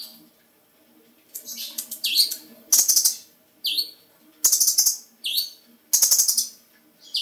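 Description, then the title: Bird chirping: after a quiet opening, high jumbled notes lead into alternating buzzy rattles and curved swooping chirps, about once a second. Described as a small bird. "Burung Kecil"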